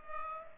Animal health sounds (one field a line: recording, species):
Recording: mosquito wingbeat signal from an infrared sensor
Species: Culex pipiens